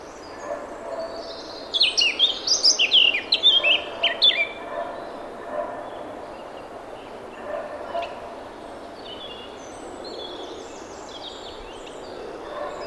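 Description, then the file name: Eurasian blackcap singing one rich, fluty burst of rapid varied notes early on, then fainter scattered twitters through the rest, with soft background hiss. "Sylvia atricapilla"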